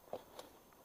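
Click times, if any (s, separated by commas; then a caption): 0.1 s, 0.4 s. An aftermarket Shad seat on a Yamaha MT-09 (FZ-09) motorcycle, with its mount shaved down for clearance, is pressed onto the frame. Two short clicks are heard at 0.1 s and 0.4 s as the seat latch engages. The seat is seated and latched.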